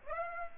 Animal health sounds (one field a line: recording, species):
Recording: mosquito wingbeat signal from an infrared sensor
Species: Aedes aegypti